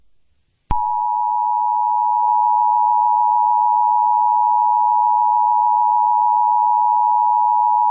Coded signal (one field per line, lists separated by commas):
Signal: Emergency Alert System (SAME) tones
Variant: 853 and 960 Hz attention tone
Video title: The Eas (Gcc: A Ranger Knight)